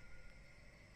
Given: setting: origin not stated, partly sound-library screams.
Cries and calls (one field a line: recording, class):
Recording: one-second piece from a danger detection set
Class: normal situation